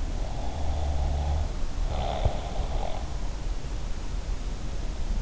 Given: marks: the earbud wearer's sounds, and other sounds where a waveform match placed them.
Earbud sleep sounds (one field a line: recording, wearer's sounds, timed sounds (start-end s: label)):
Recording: sounds in sleep by an in-ear microphone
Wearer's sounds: snoring breath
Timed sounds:
0.32-3.03 s: snoring breath